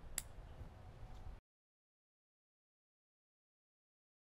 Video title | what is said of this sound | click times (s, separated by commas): How to Use the Alpha Grillers Digital Thermometer | and then to lock it you'll give it a little push and you'll hear a little click and that means it's securely locked into place | 0.2 s